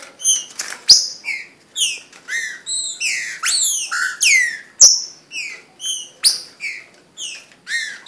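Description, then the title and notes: Green-winged saltator song: a dense run of rich whistled notes, many slurred down, some rising, following one another in quick succession with short gaps. Brazil. "trinca ferro. kumpulan burung brazil"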